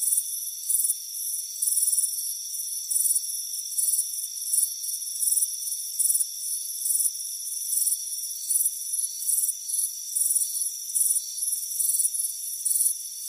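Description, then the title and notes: Crickets chirping in short high-pitched pulsed bursts in a steady series, over a steady high whine of several constant tones. Crickets chirping on a warm afternoon by a front porch. "Soothing Crickets Chirping Sound. It's a warm afternoon as you relax in a hammock on the front porch. Relax and fall asleep to the soothing sound of chirping crickets. Deep Sleep Sounds"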